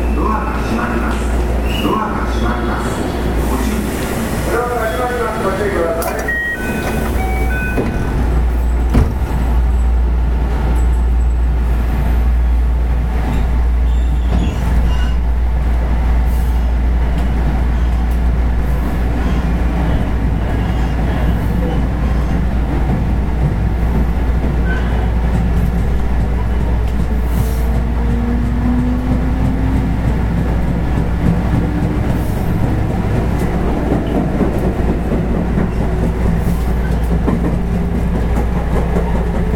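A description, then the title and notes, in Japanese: A 221 series electric train runs along with a steady low rumble and rattle that fills the whole forty seconds. Early on, brighter whines and clanks come through, then a faint rising motor tone appears past the midpoint. A brief voice may surface. JR西日本の221系電車の走行音です。環状線外回り 大阪から天王寺までです。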